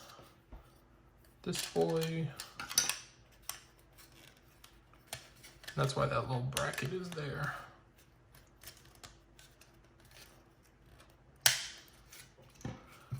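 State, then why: Seated. During reassembly of a PS4 controller, a plastic internal part near a little bracket is pressed home into the controller housing while someone talks, with small plastic taps and handling noises throughout. A single sharp, loud click at 11.5 s marks the part seating into place.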